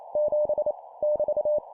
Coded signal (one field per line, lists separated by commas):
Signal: Morse code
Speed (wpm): 28 wpm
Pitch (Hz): 600 Hz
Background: none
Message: 7 <BT>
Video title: 25wpm Random Letter Number Punctuation, improve morse code copy speed